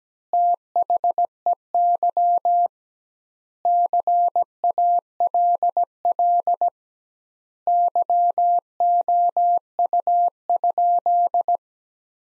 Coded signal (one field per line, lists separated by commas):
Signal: Morse code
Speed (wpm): 17 wpm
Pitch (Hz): 700 Hz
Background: none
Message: THEY CALL YOU?